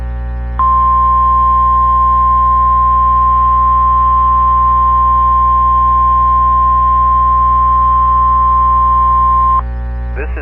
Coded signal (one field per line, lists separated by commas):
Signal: Emergency Alert System (SAME) tones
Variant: 1050 Hz attention tone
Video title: NOAA WEATHER RADIO EAS REQUIRED WEEKLY TEST 1 FAIL AND 1 SUCCESS 6/9/21